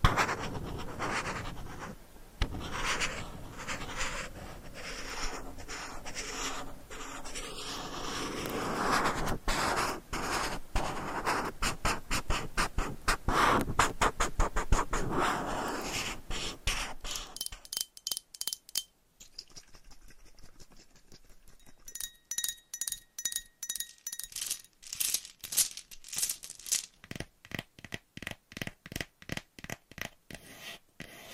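Dense scratching and rubbing fills the first half, then thins into sparse, brighter taps and clicks in quick bursts with short pauses.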